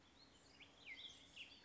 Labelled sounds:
Western Flycatcher
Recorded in Sonoma County, California

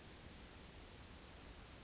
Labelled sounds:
Brown Creeper
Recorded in Sonoma County, California

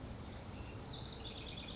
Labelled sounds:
House Wren
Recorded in Sonoma County, California

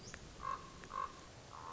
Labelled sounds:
Common Raven
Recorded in Sonoma County, California

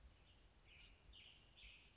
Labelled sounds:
American Robin
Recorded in Sonoma County, California

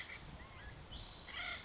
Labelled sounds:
Acorn Woodpecker
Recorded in Sonoma County, California

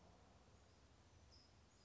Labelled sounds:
California Towhee
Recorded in Sonoma County, California

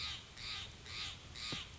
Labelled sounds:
Steller's Jay
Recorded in Sonoma County, California

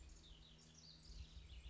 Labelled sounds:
House Wren
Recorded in Sonoma County, California

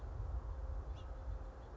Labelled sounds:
House Finch
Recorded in Sonoma County, California

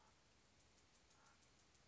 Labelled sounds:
Common Raven
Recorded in Sonoma County, California

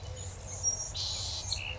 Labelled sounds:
Anna's Hummingbird
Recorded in Sonoma County, California

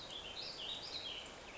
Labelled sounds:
Warbling Vireo
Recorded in Sonoma County, California

